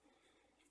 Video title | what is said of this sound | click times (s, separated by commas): 30 Ford Model A Build (Part 4) Primer Problems | it will actually lock into place | 0.7 s